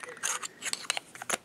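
After writing, the cap of a Lamy Aion fountain pen is pressed onto the barrel, with a series of short, bright clicks and rustles. The loudest, sharpest snap at 0.9 s is the cap snapping home, and it is confirmed seated.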